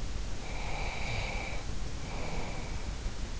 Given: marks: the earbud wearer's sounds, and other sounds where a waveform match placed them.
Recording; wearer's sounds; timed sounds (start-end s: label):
sounds in sleep by an in-ear microphone; breath
0.39-3.15 s: breath